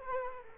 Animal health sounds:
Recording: mosquito wingbeat signal from an infrared sensor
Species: Culex quinquefasciatus

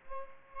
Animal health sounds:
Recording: mosquito wingbeat signal from an infrared sensor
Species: Aedes aegypti

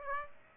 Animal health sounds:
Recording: mosquito wingbeat signal from an infrared sensor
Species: Aedes aegypti

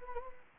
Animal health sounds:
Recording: mosquito wingbeat signal from an infrared sensor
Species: Anopheles gambiae

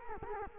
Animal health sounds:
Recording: mosquito wingbeat signal from an infrared sensor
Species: Culex quinquefasciatus

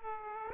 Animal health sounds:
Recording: mosquito wingbeat signal from an infrared sensor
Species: Aedes aegypti

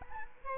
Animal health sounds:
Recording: mosquito wingbeat signal from an infrared sensor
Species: Aedes albopictus

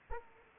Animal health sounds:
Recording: mosquito wingbeat signal from an infrared sensor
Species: Aedes aegypti

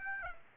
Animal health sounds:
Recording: mosquito wingbeat signal from an infrared sensor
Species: Aedes aegypti

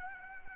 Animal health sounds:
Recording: mosquito wingbeat signal from an infrared sensor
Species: Anopheles arabiensis

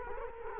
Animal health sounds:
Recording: mosquito wingbeat signal from an infrared sensor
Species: Culex quinquefasciatus

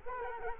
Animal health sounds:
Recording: mosquito wingbeat signal from an infrared sensor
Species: Culex quinquefasciatus

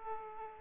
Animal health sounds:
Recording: mosquito wingbeat signal from an infrared sensor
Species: Aedes aegypti

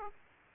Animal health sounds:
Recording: mosquito wingbeat signal from an infrared sensor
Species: Aedes aegypti

